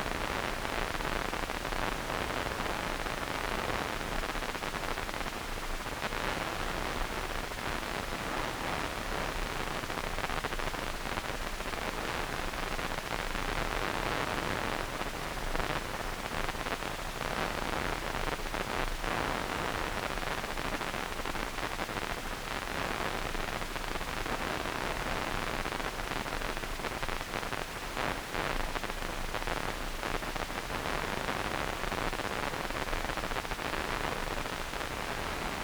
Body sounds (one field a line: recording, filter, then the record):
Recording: brain microelectrode recording played as sound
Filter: wide band, above 20 Hz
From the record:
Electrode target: subthalamic nucleus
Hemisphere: right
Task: reaching with the left hand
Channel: 2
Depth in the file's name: 1.506 mm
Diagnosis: Parkinson's disease